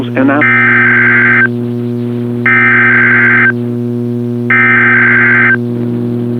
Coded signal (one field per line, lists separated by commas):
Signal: Emergency Alert System (SAME) tones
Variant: header bursts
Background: speech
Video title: CRP Required Weekly Test on WXK26 & KBNL (EAS 577-578) - 06/22/2022